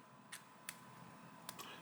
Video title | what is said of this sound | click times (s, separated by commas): SWAN MABIE TODD SF 300B SELF-FILLER FOUNTAIN PEN | there we go locks into place | 0.7 s, 1.5 s